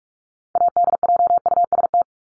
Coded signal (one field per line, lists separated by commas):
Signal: Morse code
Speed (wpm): 44 wpm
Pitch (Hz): 700 Hz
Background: none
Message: ADJUST